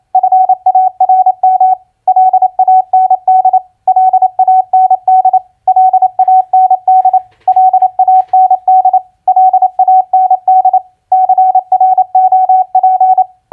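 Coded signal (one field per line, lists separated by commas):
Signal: Morse code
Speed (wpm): 28 wpm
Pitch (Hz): 750 Hz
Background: none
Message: FARM LAND LAND LAND LAND LAND CROP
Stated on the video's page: Morse practice of common four-letter word recognition played at 28 wpm.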